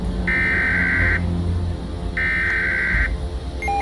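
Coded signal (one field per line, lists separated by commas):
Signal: Emergency Alert System (SAME) tones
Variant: header bursts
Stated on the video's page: Fictional Emergency Alert scenario for a tornado.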